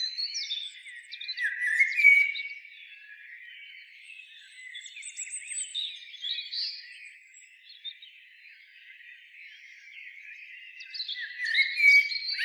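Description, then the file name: Eurasian blackbird uttering soft, rambling twitters with a few louder squeaks at the start and end and quieter warbling between. "Turdus merula"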